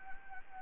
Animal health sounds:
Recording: mosquito wingbeat signal from an infrared sensor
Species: Anopheles gambiae

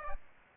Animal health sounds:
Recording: mosquito wingbeat signal from an infrared sensor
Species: Aedes aegypti

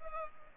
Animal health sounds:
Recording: mosquito wingbeat signal from an infrared sensor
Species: Culex pipiens

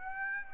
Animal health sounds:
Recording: mosquito wingbeat signal from an infrared sensor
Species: Aedes aegypti

